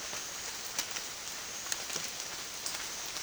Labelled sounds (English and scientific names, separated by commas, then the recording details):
none
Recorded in dense forest near Puerto Asís, Putumayo, Colombia, on 27 June 2025 at 13:00
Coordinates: 0.468, -76.322
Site GP03